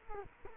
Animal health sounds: mosquito wingbeat signal from an infrared sensor; Culex quinquefasciatus

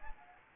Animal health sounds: mosquito wingbeat signal from an infrared sensor; Anopheles gambiae

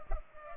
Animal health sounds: mosquito wingbeat signal from an infrared sensor; Culex pipiens

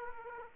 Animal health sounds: mosquito wingbeat signal from an infrared sensor; Aedes aegypti

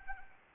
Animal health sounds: mosquito wingbeat signal from an infrared sensor; Anopheles arabiensis

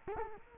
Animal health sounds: mosquito wingbeat signal from an infrared sensor; Culex quinquefasciatus

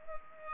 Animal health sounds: mosquito wingbeat signal from an infrared sensor; Culex pipiens

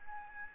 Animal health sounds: mosquito wingbeat signal from an infrared sensor; Aedes albopictus

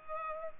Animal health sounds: mosquito wingbeat signal from an infrared sensor; Culex pipiens

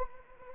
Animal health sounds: mosquito wingbeat signal from an infrared sensor; Anopheles arabiensis

